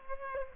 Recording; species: mosquito wingbeat signal from an infrared sensor; Culex pipiens